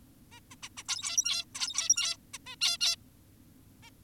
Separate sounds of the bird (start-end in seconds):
0.32-0.40, 0.51-0.56, 0.63-0.69, 0.77-0.83, 0.89-1.45, 1.55-2.17, 2.34-2.38, 2.46-2.56, 2.61-2.78, 2.81-2.96, 3.83-3.90